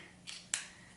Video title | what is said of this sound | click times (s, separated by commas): This Tool is Needed in Every Shop or Home - ‘Pinecil’ Unboxing and Use - The Garage Engineer | that pops right in here | 0.5 s